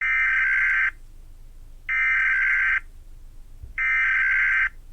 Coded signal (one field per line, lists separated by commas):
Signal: Emergency Alert System (SAME) tones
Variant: header bursts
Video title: Axle reacts to eas alarms